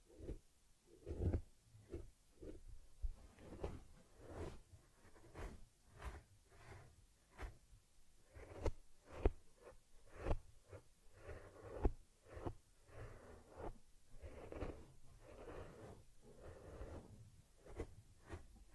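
Soft, close rubbing and brushing on a teddy bear during a massage, cleansing and fur combing, heard as uneven strokes about one or two per second. Sharp clicks and light taps punctuate the steady scratchy swishing throughout, with short quiet gaps between strokes.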